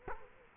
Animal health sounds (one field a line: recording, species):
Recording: mosquito wingbeat signal from an infrared sensor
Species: Culex quinquefasciatus